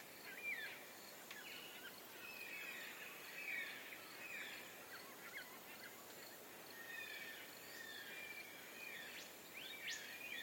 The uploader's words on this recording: Early morning soundscape from a causeway over the North Pine River at Juff's Crossing, Dayboro, SE Qld. Bird species that can be heard include Rose-crowned Fruit Dove, Spectacled Monarch, White-eared Monarch, Golden Whistler, Torresian Crow and Yellow-tailed Black Cockatoo.